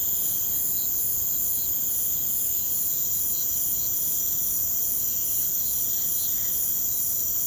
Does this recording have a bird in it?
no